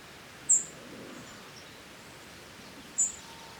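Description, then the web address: European robin, two very high, thin, short notes about two and a half seconds apart against steady background noise. "SETE data Erithacus rubecula"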